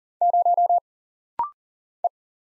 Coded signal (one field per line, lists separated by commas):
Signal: Morse code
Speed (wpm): 40 wpm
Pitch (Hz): 700 Hz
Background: none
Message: 0 E